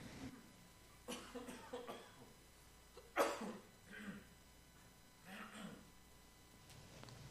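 A few short, harsh cough bursts from an adult man, with quiet room noise between them.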